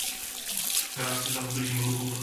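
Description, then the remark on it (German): Ice-cold tap water gushes steadily into a sink with a broad hiss at a police facility in Hradec Králové, Czech Republic, as an officer washes his hands. About halfway through, a humming, pipe-like tone rises under the rush and holds to the end. “Das Wasser ist eiskalt, stellt einer der Beamten fest, als er sich die Hände waschen will.”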